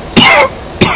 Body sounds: coughing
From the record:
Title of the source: Coughing 60

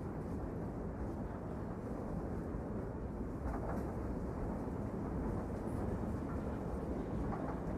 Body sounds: background sound without coughing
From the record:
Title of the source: Train Ride Ambience ambient white noise for sleeping, focus, studying, reading

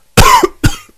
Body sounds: coughing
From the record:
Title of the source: Coughing 51

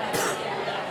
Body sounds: coughing mixed with background sound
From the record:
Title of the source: 34 coughing up crap again

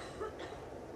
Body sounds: coughing mixed with background sound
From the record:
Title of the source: female coughing - coughing sound effects girl

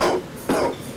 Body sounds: coughing mixed with background sound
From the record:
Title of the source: Coughing 77

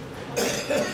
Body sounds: coughing mixed with background sound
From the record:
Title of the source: Spring Cold Coughing 3

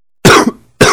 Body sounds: coughing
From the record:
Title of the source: Coughing 46

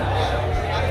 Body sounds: background sound without coughing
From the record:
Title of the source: CITY SOUNDS Busy Bar in the Evening Night - 2 HOURS of Ambiance for Relaxation

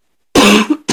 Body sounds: coughing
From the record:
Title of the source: 64 coughing, allergies, singing lungs

